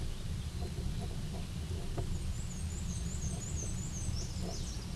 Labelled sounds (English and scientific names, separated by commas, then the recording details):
Black-and-white Warbler (Mniotilta varia) song
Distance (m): 35 m
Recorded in a Pennsylvania forest on 18 May 2023 at 13:55
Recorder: AudioMoth, point grid1_4_low
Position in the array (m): 86 m, 46 m